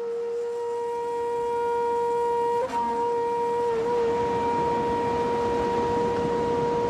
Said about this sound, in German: Da strich ein leises Säuseln über die Wasser, und aus weiter Ferne her ließ sich ein Ton vernehmen, ähnlich dem einer überblasenen Bassposaune.